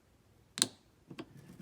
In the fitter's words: pull the hose out of the connector if you listen you'll hear a click and let you know that it disconnected